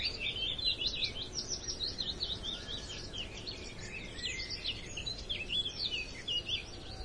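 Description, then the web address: A chorus of woodland birds: continuous overlapping high-pitched chirps, trills and quick warbled notes from several singers, with light low background noise. Dawn chorus in woodland. "dawn chorus woodland atmosphere"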